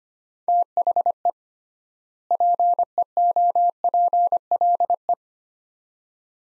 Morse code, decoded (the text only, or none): THE PEOPLE